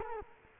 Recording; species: mosquito wingbeat signal from an infrared sensor; Culex quinquefasciatus